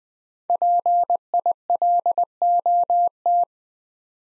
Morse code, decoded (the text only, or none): PILOT